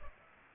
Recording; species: mosquito wingbeat signal from an infrared sensor; Culex pipiens